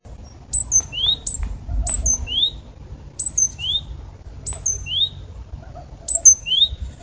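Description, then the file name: Great tit calling a high thin note followed by a lower rising note, the two-part phrase repeated several times over a low background rumble. "Parus major"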